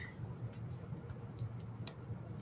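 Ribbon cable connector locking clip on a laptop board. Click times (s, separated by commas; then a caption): 1.9 s. A red locking clip on a laptop ribbon-cable connector on a Dell 3120 board is pushed down over the inserted cable against a low background hum, with a faint tick at 1.4 s. A sharp click at 1.9 s shows the clip has snapped shut and the cable is locked in place.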